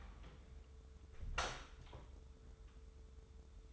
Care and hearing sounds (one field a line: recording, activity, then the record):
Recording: daily activity, microphone in the room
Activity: close door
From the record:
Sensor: 3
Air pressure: 1015.2 hPa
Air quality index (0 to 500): 134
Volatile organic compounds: 6 ppm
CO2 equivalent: 1891 ppm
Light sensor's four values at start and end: 16/40/16/17 and 16/40/16/17